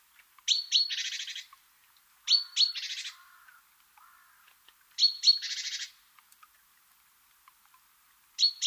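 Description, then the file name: Great tit giving a repeated call several times: a pair of high clear notes then a buzzy rattle, with softer lower notes between. "Parus major"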